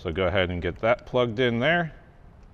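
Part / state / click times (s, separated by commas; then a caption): RGB lighting connector into the speaker harness plug / not seated / none. A man talks while the RGB lighting wire plug on a Diamond Audio 2-way RGB speaker (Stage II & III) is pushed toward its mating harness plug during installation in a 2014+ Harley-Davidson Touring fairing. His voice fills most of the clip, then it fades to low background noise. Nothing has seated or clicked yet.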